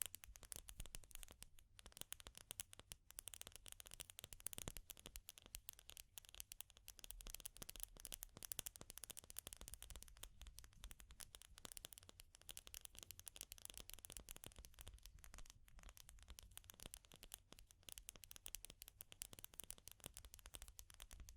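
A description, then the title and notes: Fire crackles continuously, a dense, irregular stream of sharp snaps and pops across the whole 21 seconds. The pops are bright and clicky, with some louder bursts scattered throughout, over a faint low rumble that stays steady underneath. Fire Crackling, Tapping, Scratching.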